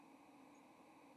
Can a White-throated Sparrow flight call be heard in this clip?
no